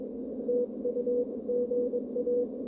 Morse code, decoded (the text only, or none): TUGA